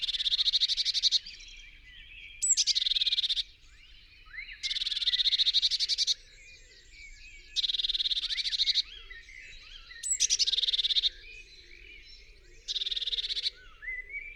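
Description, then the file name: Eurasian blue tit giving a steady series of harsh, buzzy churrs, six bursts with brief gaps and faint high twitters. "Cyanistes caeruleus"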